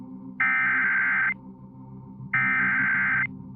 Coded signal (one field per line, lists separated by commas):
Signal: Emergency Alert System (SAME) tones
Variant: header bursts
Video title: 4 Scariest Emergency Broadcasts & EAS Alerts (Vol. 3)